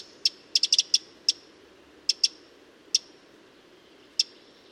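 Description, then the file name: Eurasian wren giving hard ticking calls, a fast cluster early on, then a few more spaced out singly and in a pair. "Troglodytes troglodytes"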